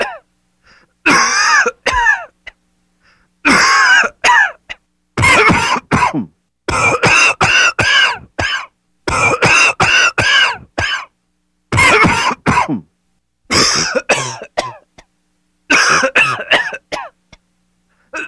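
An adult coughing on their own: repeated bursts of several harsh coughs each, separated by short pauses.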